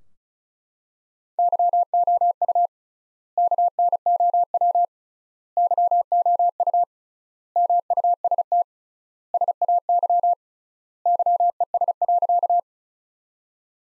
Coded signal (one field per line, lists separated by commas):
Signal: Morse code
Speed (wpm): 36 wpm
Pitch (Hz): 700 Hz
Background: none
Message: YOU KNOW YOU MUST SAY YES.